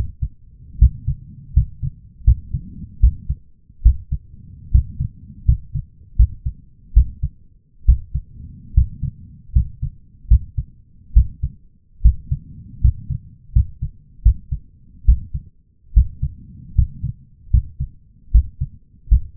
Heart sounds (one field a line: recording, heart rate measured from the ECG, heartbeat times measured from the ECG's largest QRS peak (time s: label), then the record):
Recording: heart sounds by stethoscope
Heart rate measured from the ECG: 75 bpm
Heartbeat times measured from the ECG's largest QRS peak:
0.79 s: heartbeat
1.54 s: heartbeat
2.25 s: heartbeat
3.00 s: heartbeat
3.83 s: heartbeat
4.72 s: heartbeat
5.46 s: heartbeat
6.17 s: heartbeat
6.94 s: heartbeat
7.86 s: heartbeat
8.74 s: heartbeat
9.53 s: heartbeat
10.28 s: heartbeat
11.14 s: heartbeat
12.02 s: heartbeat
12.81 s: heartbeat
13.53 s: heartbeat
14.23 s: heartbeat
15.05 s: heartbeat
15.94 s: heartbeat
16.75 s: heartbeat
17.51 s: heartbeat
18.32 s: heartbeat
19.09 s: heartbeat
From the record:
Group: healthy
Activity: rest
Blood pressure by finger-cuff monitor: 153/96 mmHg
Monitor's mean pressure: 111 mmHg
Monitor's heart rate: 75 bpm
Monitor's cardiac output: 7.2 L/min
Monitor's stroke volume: 96 mL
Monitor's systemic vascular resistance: 1160 dyn s/cm5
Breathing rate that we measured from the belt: 16 breaths a minute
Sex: male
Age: 23 years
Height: 179 cm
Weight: 87 kg